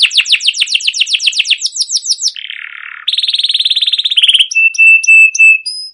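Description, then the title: Canary song opening with a rapid series of descending chirps, then a buzzy low phrase, a fast rattling trill and clear piping whistled notes. Used as a lure (pancingan) to train other canaries to sing; song described as chirping, rolling and long-running (cuit cuit ngerol gacor panjang). "CUIT CUIT NGEROL LANGSUNG GACOR PANJANG Kenari Ini AMPUH Utk Pancingan KENAR"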